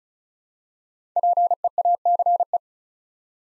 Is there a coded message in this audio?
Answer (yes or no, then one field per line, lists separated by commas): yes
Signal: Morse code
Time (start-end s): 1.2-2.6 s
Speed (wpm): 36 wpm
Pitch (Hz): 700 Hz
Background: none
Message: PEACE